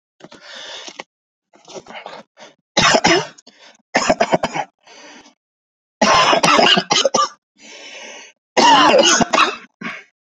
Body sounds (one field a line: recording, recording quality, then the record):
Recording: shallow voluntary cough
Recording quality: excellent, no background noise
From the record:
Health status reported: exposed to COVID-19, no respiratory illness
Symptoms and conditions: cough, cold, sore throat, fever, muscle pain, diarrhoea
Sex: male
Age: 29 years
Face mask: not worn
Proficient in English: yes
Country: India